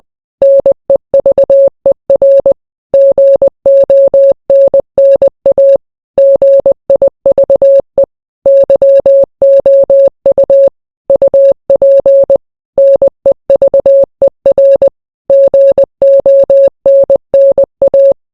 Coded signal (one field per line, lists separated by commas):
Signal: Morse code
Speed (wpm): 20 wpm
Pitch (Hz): 550 Hz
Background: none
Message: NEVER GONNA GIVE YOU UP NEVER GONNA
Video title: Translate the Morse code